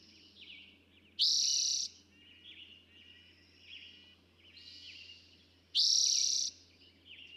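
Two loud Eastern towhee trills about four and a half seconds apart, with softer chirps and whistles between and a low hum.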